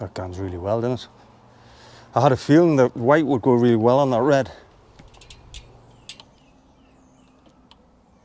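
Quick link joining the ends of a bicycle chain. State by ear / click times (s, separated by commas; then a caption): seated / 6.1 s. Someone talks, then after a pause a few small metallic clicks and taps follow as a steel quick link (master link) joining the ends of a bicycle chain is pulled tight. It snaps into its locked position with a sharp click at 6.1 s, confirming the link is seated.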